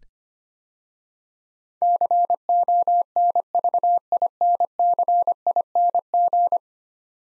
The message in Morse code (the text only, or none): CONVINCING